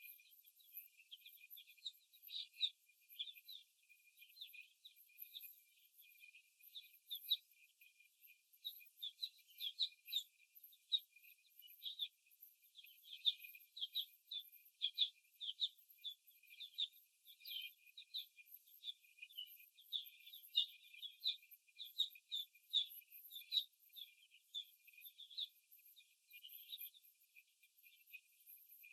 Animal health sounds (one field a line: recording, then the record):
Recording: young laying hens in a cage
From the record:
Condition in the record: after the stressor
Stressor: simulated dog barking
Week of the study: 1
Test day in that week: 2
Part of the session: 4